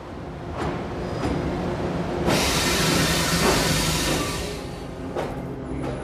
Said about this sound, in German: Der Zug lief an.